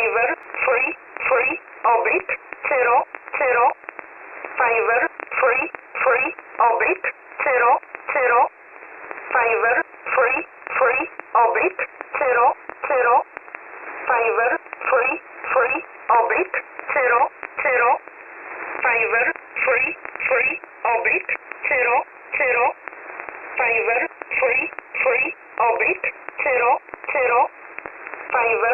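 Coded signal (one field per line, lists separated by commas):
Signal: numbers station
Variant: E11 Oblique, English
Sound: female voice repeating 'Fiver, free, free, oblique, zero, zero' seven times over radio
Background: radio static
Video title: 05 10 2022 Numbers Station E11 Oblique in English to Eu 0900 on 9968 Warsaw in USB mode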